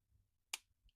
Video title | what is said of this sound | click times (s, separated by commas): Action Force Trigger Reissue | wow I almost didn't want to push on it you guys I'm sure you heard the snap | 0.5 s